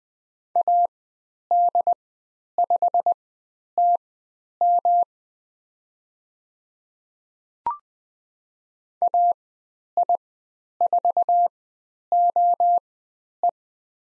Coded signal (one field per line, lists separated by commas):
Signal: Morse code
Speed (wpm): 20 wpm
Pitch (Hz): 700 Hz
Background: none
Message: AD5TM AI4OE